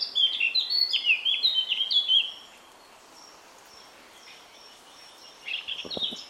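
Eurasian Blackcap song: a two-second burst of fast, fluty warbling, a lull with faint notes, then a short warbled phrase with a few clicks at the end.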